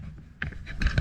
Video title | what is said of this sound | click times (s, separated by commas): Dash, Lights, Antenna and More - 1971 Corvette Restoration - EPS 6 - Shots Life | right so this headlight switch man I was just playing with it and all of a sudden just caught | 0.4 s